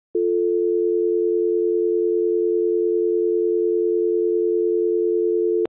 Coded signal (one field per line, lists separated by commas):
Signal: telephone call progress tone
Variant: North America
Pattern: dial tone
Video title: Phone Dial Tone Sound Effect | Download Link (👇) | Soundfizz